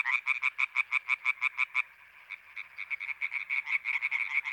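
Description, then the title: European tree frogs calling in chorus, rapid nasal croaks from overlapping callers forming a pulsing rhythm broken by a short pause. Chorus on 21 May 1993 at a pond in Sologne, France, at night, an hour after dark, with intense calling activity. "Choeur de rainettes en Sologne"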